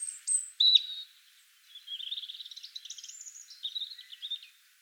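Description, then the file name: European robin song, a few sharp high notes then a long run of thin tinkling notes rising and falling between high pitches. "Erithacus rubecula"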